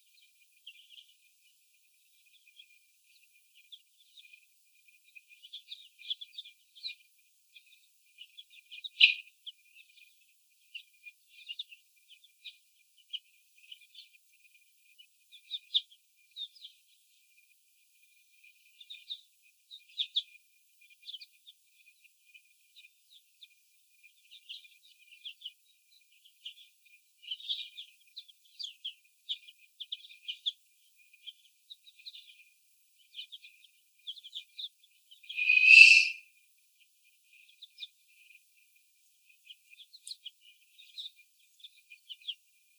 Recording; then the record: young laying hens in a cage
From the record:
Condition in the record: before the stressor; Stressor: sudden umbrella opening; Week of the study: 2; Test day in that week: 1